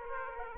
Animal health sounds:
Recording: mosquito wingbeat signal from an infrared sensor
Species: Aedes aegypti

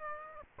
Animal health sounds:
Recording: mosquito wingbeat signal from an infrared sensor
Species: Aedes aegypti

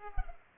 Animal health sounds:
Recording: mosquito wingbeat signal from an infrared sensor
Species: Culex pipiens

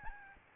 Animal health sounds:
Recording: mosquito wingbeat signal from an infrared sensor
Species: Aedes albopictus

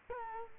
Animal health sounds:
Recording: mosquito wingbeat signal from an infrared sensor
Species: Culex quinquefasciatus

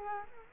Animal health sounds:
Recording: mosquito wingbeat signal from an infrared sensor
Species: Culex quinquefasciatus

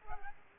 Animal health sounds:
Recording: mosquito wingbeat signal from an infrared sensor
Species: Aedes aegypti

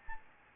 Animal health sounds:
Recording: mosquito wingbeat signal from an infrared sensor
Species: Anopheles gambiae

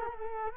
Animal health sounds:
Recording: mosquito wingbeat signal from an infrared sensor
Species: Culex quinquefasciatus

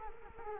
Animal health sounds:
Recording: mosquito wingbeat signal from an infrared sensor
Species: Culex quinquefasciatus

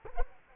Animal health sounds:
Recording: mosquito wingbeat signal from an infrared sensor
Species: Culex quinquefasciatus

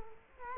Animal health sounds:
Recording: mosquito wingbeat signal from an infrared sensor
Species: Culex quinquefasciatus

